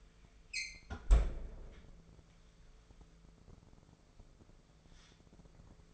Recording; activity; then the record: daily activity, microphone in the room; close fridge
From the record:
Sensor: 5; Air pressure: 1015.0 hPa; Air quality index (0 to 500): 180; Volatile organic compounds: 7 ppm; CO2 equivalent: 1985 ppm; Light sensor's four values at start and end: 52/122/51/54 and 51/119/49/52